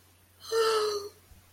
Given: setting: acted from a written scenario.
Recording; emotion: vocal sound without words; sadness